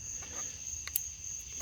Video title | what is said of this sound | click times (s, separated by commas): 2010 Honda Accord 3.5L V6 alternator replacement. Part 3 | here there's little clicks | 0.9 s, 1.0 s